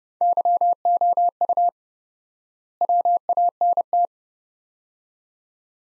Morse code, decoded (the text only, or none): YOU WANT